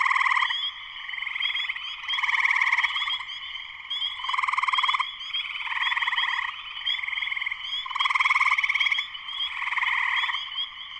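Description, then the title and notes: Spring peeper chorus, dense and unbroken: overlapping pulsed trills swell and fade in bursts under a steady high shrill band of peeping. Full chorus of many spring peepers, shortly after sunset, Sleeping Bear Dunes National Lakeshore, northern Michigan, USA. "Spring peepers (chorus frogs) in concert. Spring peepers (chorus frogs) in full chorus shortly after sunset in the Sleeping Bear Dunes National Lakeshore in northern Michigan, USA. Recorded by Darrin Wassom. Music for Sleep"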